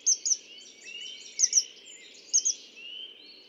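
Red-winged blackbird: three pairs of sharp high notes over continuous twittering, with faint low background noise throughout.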